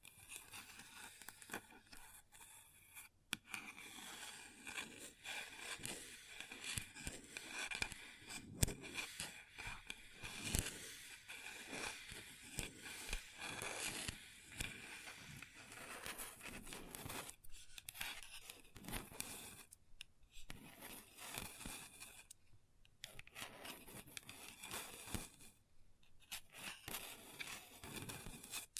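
Long nails scratch and tap on a table in a dense, continuous stream of dry, bright scraping strokes with frequent sharp clicks. The rhythm is busy and uneven, with brief near-silent gaps around 3, 18, 20 and 26 seconds, and no talking.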